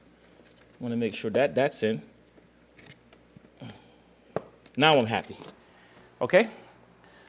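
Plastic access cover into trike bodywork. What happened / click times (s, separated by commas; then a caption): A plastic cover snapped into place / 4.4 s. A plastic trim cover, removed for access, is pressed back into the bodywork of a 2024 Goldwing trike while someone talks. It gives a sharp snap at 4.4 s with a few faint taps around it, and the cover is seated.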